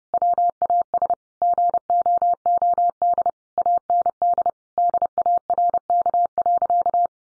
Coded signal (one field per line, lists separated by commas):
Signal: Morse code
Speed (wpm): 30 wpm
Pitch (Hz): 700 Hz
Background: none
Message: WAS GOOD AND DARK.